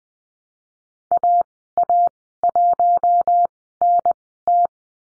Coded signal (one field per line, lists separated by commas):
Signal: Morse code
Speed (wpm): 19 wpm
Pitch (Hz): 700 Hz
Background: none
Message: AA1NT